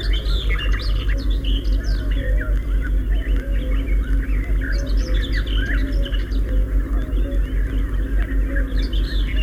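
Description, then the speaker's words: Common Whitethroat song: hurried, scratchy twittering phrases in bursts, some short and some longer, over a constant low hum and hiss. Hurried, twittering song delivered in flight; the bird rises into the air fluttering its wings, then hides in the bushes again when the trill ends. "Это поет серая Славка. Слышите, какая у нее торопливая и щебечущая песенка. Птичка поет ее на лету."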